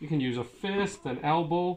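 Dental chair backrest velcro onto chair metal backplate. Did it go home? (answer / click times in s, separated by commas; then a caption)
no / none. The upholstered backrest of a Flight Dental Systems A6/A12 dental chair is handled above the chair's metal backplate, to be pushed down with a fist or elbow so its heavy-duty velcro pads engage the velcro on the plate. Only someone talking is heard. Nothing has seated or clicked yet.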